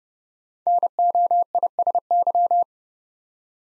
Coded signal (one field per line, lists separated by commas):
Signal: Morse code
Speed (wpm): 30 wpm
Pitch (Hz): 700 Hz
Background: none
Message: NOISY